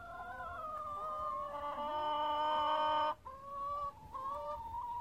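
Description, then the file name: Chicken sounds: a rooster gives a long, drawn-out harmonic crow over several seconds, followed by a few shorter harmonic calls. Henhouse with a rooster. "Huehnerstall mit Hahn"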